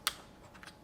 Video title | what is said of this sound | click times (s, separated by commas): How to replace LG dishwasher touchpad control panel part # AGL75172632 | to install the panel align the connector and push until it snaps in place | 0.1 s